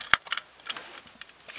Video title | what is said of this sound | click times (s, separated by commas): Best Seat Belt for Dogs Comparison | and it's in there nice and tight and then when you want it out just push the button and it releases | 0.1 s